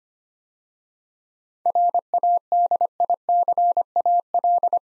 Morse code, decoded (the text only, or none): RADICAL